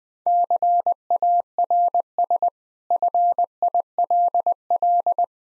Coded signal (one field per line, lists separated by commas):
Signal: Morse code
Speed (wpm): 21 wpm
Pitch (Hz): 700 Hz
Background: none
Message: CARS FILL